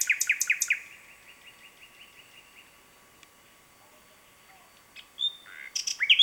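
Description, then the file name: Common nightingale song opening with loud rapid notes that fade into a soft repeated series, followed after a pause by sharp whistled and rising notes. "Luscinia megarhynchos"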